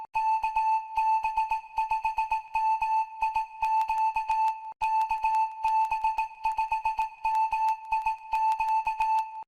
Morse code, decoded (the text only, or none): KB5MIQ KB5MIQ